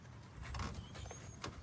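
A retaining clip on the fuel filter cover of a Ford 6.7 diesel is being handled and pushed down, with short knocks near 0.6 s and 1.4 s over a low background rumble. The clip has not clicked into place and nothing has seated yet.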